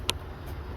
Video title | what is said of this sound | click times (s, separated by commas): Chevy Colorado camshaft position solenoid valve (VVT) | right here back on you don't have to worry about moving the clip or anything like that it just automatically snaps into place | 0.1 s